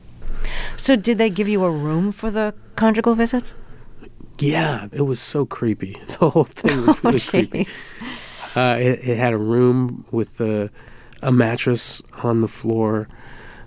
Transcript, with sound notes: So did they give you a room for the conjugal visits?
Yeah. It was so creepy.
Oh, jeez (laughter).
The whole thing was really creepy. It had a room with a mattress on the floor,